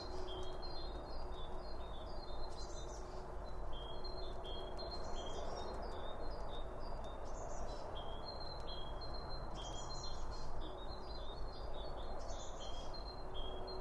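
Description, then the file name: Birds chirping steadily throughout, short whistled notes overlapping with repeated buzzy bursts, over a dense low hum. Birds around a bird feeder; recorded with two Line Audio OM1 microphones. "Birds Around Birdfeeding With Two Om 1 From Line Audio"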